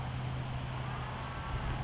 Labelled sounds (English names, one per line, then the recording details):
California Towhee
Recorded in Sonoma County, California